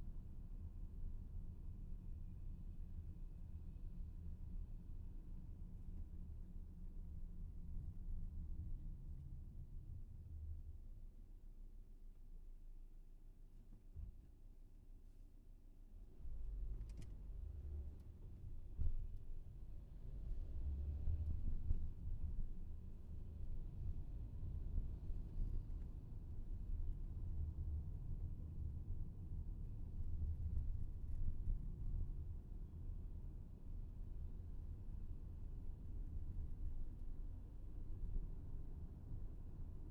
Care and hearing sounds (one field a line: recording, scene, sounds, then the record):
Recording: everyday scene through a hearing-aid microphone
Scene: in a vehicle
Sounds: engine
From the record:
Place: VW T5 Caravelle, diesel engine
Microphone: behind the ear, left, rear